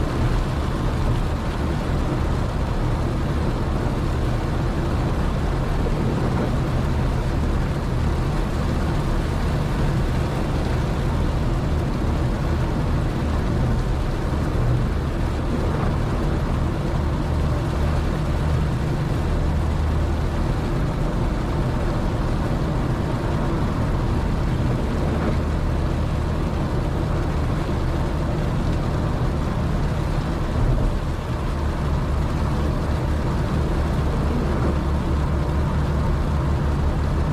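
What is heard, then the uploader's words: Steady interior hum of a car driving at night in the rain, with a deep, constant engine and road rumble filling the low end. A soft, even hiss of rain and tires runs throughout, with occasional faint bumps and no voices. Night driving in the rain with no talking or music in the background.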